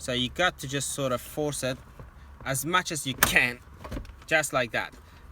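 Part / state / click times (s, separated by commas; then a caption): wiring harness plug into car head unit socket / not seated / none. Someone talks while a large multi-pin wiring harness plug is forced by hand into the head unit socket behind a metal beam in a Ford Falcon MKI/MKII. Low rubbing and handling sounds come through under the talk. The plug is being pushed but has not seated yet, and there is no click.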